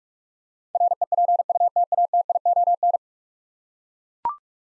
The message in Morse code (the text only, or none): REPUTATION